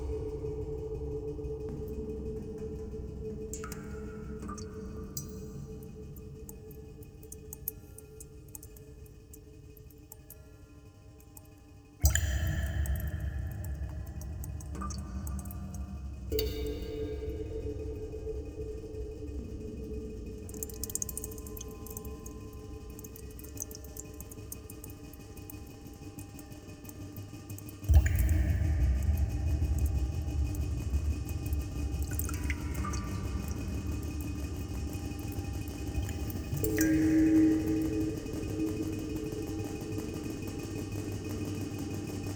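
Scattered droplets tick and plink over a steady low hum with faint sustained tones. The hum jumps louder at about 12 and 28 seconds. Drops fall irregularly, a few at a time, with a brighter ringing tone near 37 seconds.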